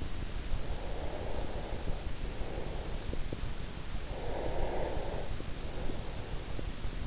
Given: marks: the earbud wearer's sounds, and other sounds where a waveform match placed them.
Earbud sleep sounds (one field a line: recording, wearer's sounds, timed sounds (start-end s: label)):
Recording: sounds in sleep by an in-ear microphone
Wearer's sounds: breath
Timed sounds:
0.53-3.46 s: breath
3.85-6.69 s: breath